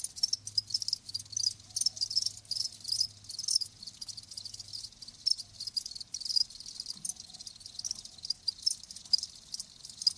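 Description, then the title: Crickets chirping in a dense high-pitched chorus of rapid overlapping pulses, with a faint low hum in the first half. Live crickets chirping. "Live Crickets Chirping"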